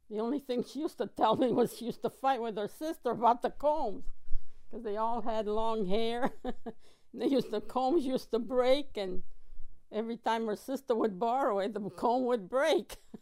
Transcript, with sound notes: The only thing she used to tell me was she used to fight with her sister about the combs. ( she laughs ) Because they all had long hair, and the combs used to break, and every time her sister would borrow it, the comb would break.